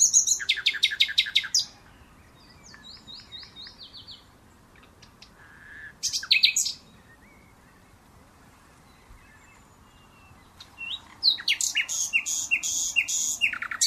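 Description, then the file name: Common nightingale singing in separate phrases: a rapid rattle, soft piping notes, a short burst, then a long loud run of repeated chirps. "Luscinia megarhynchos"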